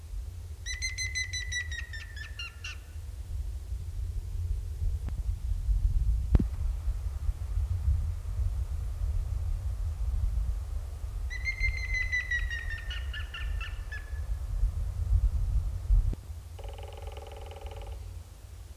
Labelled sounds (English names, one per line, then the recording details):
Grey-headed Woodpecker
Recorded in the wild
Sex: male
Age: adult
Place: Bielefeld-Stieghorst, OT Lämershagen, Nordrhein-Westfalen, DE
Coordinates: 51.9747, 8.61917
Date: 1972-03-17
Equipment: Uher 4200 Report Stereo, Bändchenmikro Beyer M 260, Parabolspiegel Polyester (600 mm)
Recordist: Conrads, Klaus